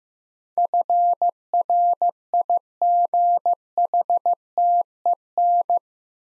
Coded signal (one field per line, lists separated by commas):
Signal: Morse code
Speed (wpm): 15 wpm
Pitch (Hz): 700 Hz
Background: none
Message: FRIGHTEN